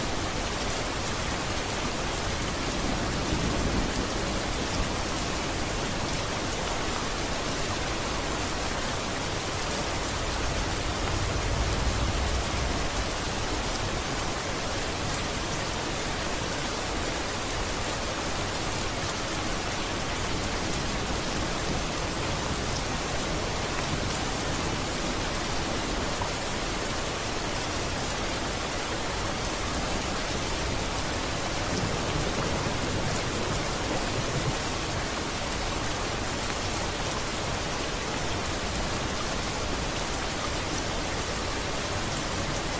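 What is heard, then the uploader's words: A heavy downpour hisses steadily and densely throughout, an even wash of rain with no breaks. Faint low rumbles of gentle thunder swell briefly around three seconds and again near eleven to twelve seconds, then fade beneath the rain. Rain with Gentle Thunder, Downpour - Osaka, Japan.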